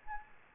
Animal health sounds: mosquito wingbeat signal from an infrared sensor; Anopheles gambiae

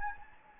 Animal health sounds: mosquito wingbeat signal from an infrared sensor; Anopheles gambiae

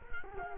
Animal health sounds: mosquito wingbeat signal from an infrared sensor; Culex quinquefasciatus

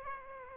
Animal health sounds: mosquito wingbeat signal from an infrared sensor; Aedes aegypti

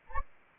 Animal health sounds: mosquito wingbeat signal from an infrared sensor; Anopheles arabiensis

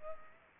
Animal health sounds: mosquito wingbeat signal from an infrared sensor; Culex pipiens

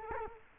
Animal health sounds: mosquito wingbeat signal from an infrared sensor; Culex quinquefasciatus

